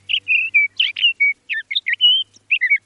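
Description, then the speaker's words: Sage Thrasher song, a rapid run of clear whistled and warbled phrases, rising and falling notes strung together with short pauses. Males known to sing long songs all night on nights with a full moon. "On nights with a full moon, male sage thrashers have been known to proclaim their long-winded songs all night."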